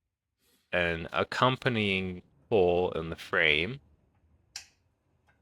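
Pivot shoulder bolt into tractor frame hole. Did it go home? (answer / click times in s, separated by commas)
yes / 4.6 s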